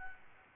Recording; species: mosquito wingbeat signal from an infrared sensor; Aedes albopictus